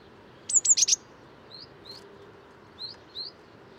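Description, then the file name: Eurasian blue tit calls: a quick burst of four very high, thin downslurred notes, followed by four softer, short upslurred notes spaced irregularly. "Cyanistes caeruleus"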